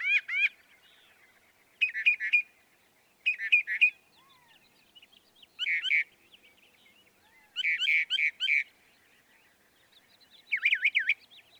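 Northern mockingbird song made of varied phrases: wavering whistles, buzzy chatters and looping notes, each repeated two to four times before switching, with short gaps between.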